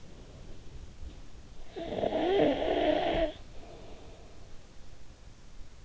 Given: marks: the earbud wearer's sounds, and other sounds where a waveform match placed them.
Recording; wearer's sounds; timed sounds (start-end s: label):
sounds in sleep by an in-ear microphone; snoring breath
1.48-4.57 s: snoring breath